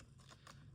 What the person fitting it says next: This is being clicked in, okay?